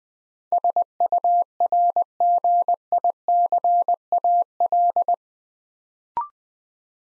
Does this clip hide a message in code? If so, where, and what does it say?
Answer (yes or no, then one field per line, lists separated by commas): yes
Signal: Morse code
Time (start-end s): 0.5-5.1 s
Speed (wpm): 21 wpm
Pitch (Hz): 700 Hz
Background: none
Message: SURGICAL